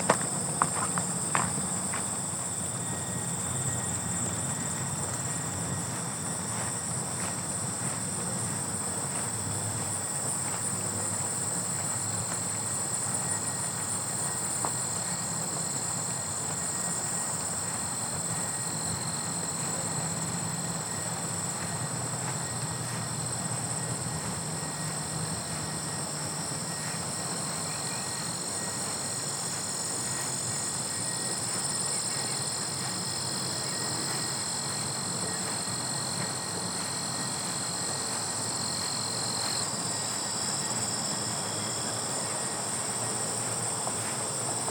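Grasshoppers whir in a steady, dense high buzz, with several thin bands holding on throughout and shifting slightly after the halfway mark. Underneath sits a low, even rumble with faint crunchy textures, possibly footsteps on gravel, but no clear individual steps stand out.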